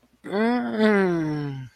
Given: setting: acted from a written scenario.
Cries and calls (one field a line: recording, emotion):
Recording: vocal sound without words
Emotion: ecstasy